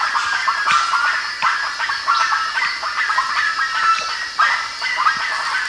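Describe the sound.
Bird calls: a dense flock chorus of harsh, overlapping chattering notes, rising and falling in bursts, over a steady hiss.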